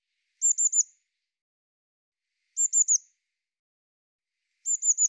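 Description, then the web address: Eurasian blue tit calls, very high thin bursts of three to four quick notes, repeated roughly every two seconds, three bursts against otherwise silent background. "cianscape birddata Deverinetal 2025 File cleaned normalized Bird Cy Ca"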